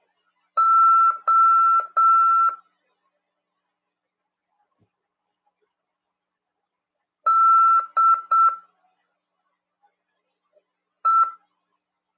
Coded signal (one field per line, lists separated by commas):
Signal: Morse code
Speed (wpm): 7 wpm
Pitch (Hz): 1340 Hz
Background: none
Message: ODE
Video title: RADIOAMADOR 1ªEd. 10/3/2023 "AULA 25 CW, LEGIS e C.RODADA" PY2EXU PAULO SP/SP CRASP FM 146.410 Mhz.